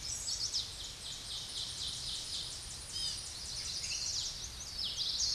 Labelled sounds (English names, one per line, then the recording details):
Ovenbird song
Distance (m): 30 m
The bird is about level with the microphone
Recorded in a Pennsylvania forest on 16 May 2024 at 07:28
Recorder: AudioMoth, point MSD-2320
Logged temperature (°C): 12.8 °C
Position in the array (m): 242 m, 179 m